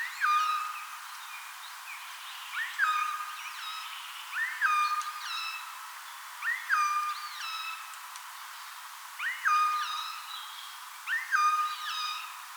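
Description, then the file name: Eurasian jay giving six mewing notes that climb, fall and hold flat, at irregular intervals. "Garrulus glandarius"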